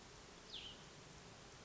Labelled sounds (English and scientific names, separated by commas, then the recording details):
Cassin's Vireo (Vireo cassinii)
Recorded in Sonoma County, California